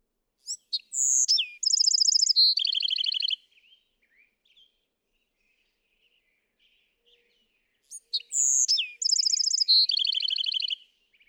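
Bewick's wren song: two matching phrases separated by a pause, each with clipped high notes, a whistled note and a fast descending buzzy trill.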